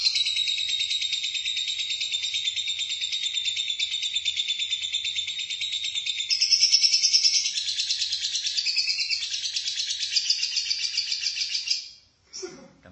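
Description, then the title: Lovebird song, a dense, fast, high-pitched chattering warble running continuously for about twelve seconds before stopping abruptly. "BM Suara Burung Lovebird"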